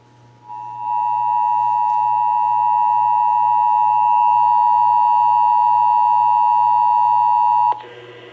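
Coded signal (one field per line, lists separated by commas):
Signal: Emergency Alert System (SAME) tones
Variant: 853 and 960 Hz attention tone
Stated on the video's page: Texas Required Monthly Test EAS tones as aired on several Texas radio and TV stations.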